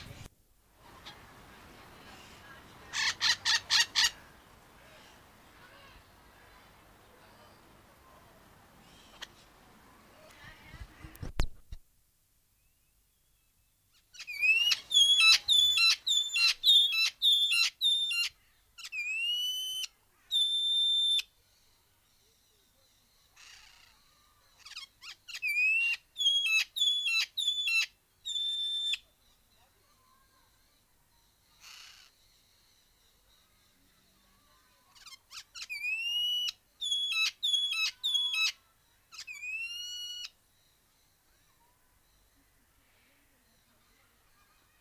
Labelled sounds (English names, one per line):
Red-fan Parrot call